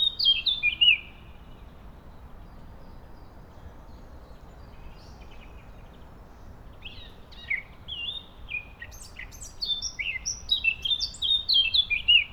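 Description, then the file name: Eurasian blackcap: a short loud whistled burst, a long quiet pause with soft twittering, then a bright, fluty warbling phrase to finish. "Sylvia atricapilla"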